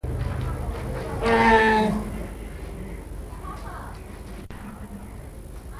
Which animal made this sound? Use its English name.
Sun Bear